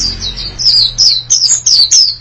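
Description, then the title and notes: White-eye song: a short run of thin, high, down-slurred whistles delivered in quick succession, with a low steady hum beneath. "Suara kicauan burung pleci"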